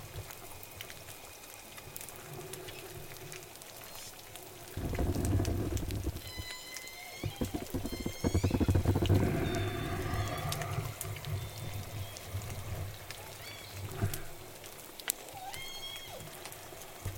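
Orca calls from J pod, rising whistles and squeals clustering around 6–10 seconds, over steady underwater hiss with a louder low rumble midway.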